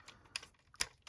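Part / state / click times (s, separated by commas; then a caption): plastic arm cannon folding into the arm of a transforming toy figure / seated / 0.8 s. A plastic arm cannon on a Human Alliance Bumblebee transforming robot toy figure is folded over into the arm until it clicks into its locked position at 0.8 s. Softer plastic ticks and taps come before and after the bright, sharp snap. The cannon is seated and locked in place.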